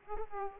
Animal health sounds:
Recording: mosquito wingbeat signal from an infrared sensor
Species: Aedes aegypti

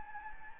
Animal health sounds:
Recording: mosquito wingbeat signal from an infrared sensor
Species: Anopheles gambiae

